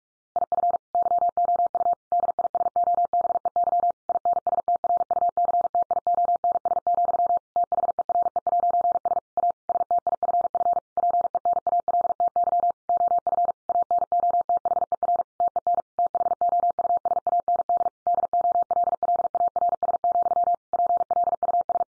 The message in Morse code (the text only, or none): IF YOU DISOBEY INSTRUCTIONS, THERE'S A STIFF PENALTY OF ANOTHER TEN THOUSAND DOLLARS, PLUS